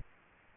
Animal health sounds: mosquito wingbeat signal from an infrared sensor; Aedes aegypti

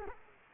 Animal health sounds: mosquito wingbeat signal from an infrared sensor; Culex quinquefasciatus

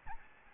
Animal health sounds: mosquito wingbeat signal from an infrared sensor; Aedes albopictus

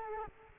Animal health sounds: mosquito wingbeat signal from an infrared sensor; Culex quinquefasciatus

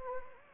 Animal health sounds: mosquito wingbeat signal from an infrared sensor; Anopheles gambiae

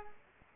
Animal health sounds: mosquito wingbeat signal from an infrared sensor; Culex pipiens

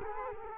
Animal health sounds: mosquito wingbeat signal from an infrared sensor; Culex quinquefasciatus

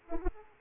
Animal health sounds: mosquito wingbeat signal from an infrared sensor; Aedes aegypti

